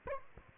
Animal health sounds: mosquito wingbeat signal from an infrared sensor; Culex quinquefasciatus

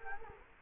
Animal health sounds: mosquito wingbeat signal from an infrared sensor; Culex quinquefasciatus

